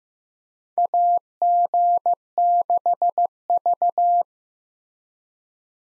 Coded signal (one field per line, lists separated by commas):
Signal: Morse code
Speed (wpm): 15 wpm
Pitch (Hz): 700 Hz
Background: none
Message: AG6V